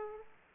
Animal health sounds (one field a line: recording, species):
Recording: mosquito wingbeat signal from an infrared sensor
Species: Aedes aegypti